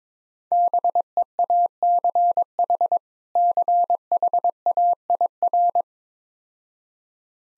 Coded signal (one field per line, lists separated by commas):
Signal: Morse code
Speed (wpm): 22 wpm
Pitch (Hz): 700 Hz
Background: none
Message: BEACH CHAIR